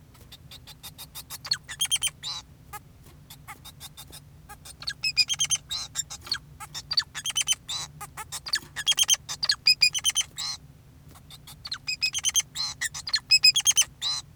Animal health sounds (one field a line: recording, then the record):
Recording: song of a male Bengalese finch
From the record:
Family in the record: son of father 2, and himself father 4